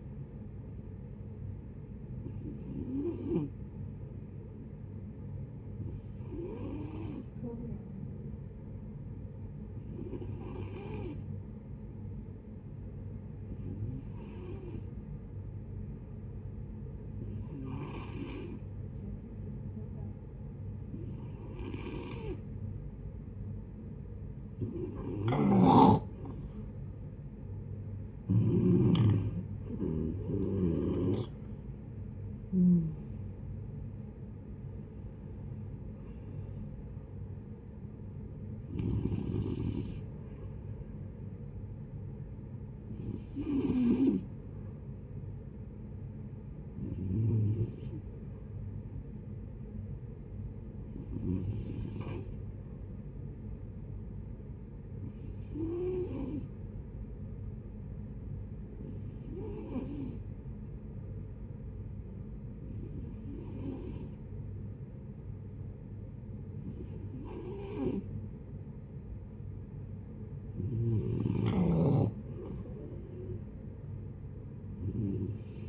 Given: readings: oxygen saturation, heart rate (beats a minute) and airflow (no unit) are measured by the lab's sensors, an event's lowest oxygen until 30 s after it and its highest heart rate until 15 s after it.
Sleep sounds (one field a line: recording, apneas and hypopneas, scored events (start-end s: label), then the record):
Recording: breathing in sleep by a smartphone at the bedside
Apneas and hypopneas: 2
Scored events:
3.00-27.80 s: hypopnea (N2, oxygen 95% highest, then 89% lowest)
26.00-56.00 s: new sleep stage, N1 (lightest sleep)
51.00-68.40 s: hypopnea (N1, oxygen 96% highest, then 91% lowest, heart rate 66 at the start, 66 highest)
56.00-75.69 s: new sleep stage, N2 (light sleep)
From the record:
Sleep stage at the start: N2 (light sleep)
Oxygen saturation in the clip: 89 to 96%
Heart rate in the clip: 59 to 78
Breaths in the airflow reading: 19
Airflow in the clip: -13.4 to 11.9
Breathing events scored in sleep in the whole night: 496 in 5.4 hours asleep